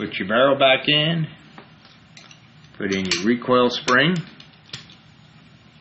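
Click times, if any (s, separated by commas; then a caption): 4.7 s. During pistol reassembly, the barrel goes back into the slide and the recoil spring assembly is put in against the barrel while someone talks, with a few faint taps in the pause. A sharp click at 4.7 s marks the recoil spring locking into place in the pistol slide.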